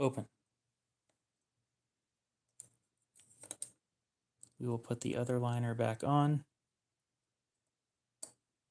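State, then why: Seated. A metal liner is put back onto a folding knife handle and pressed down. Someone talks, with scattered small clicks of handling, and then at 8.2 s a sharp click is heard as the liner clicks into place.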